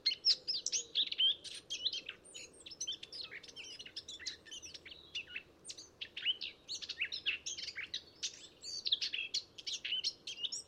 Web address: SETE data Sylvia atricapilla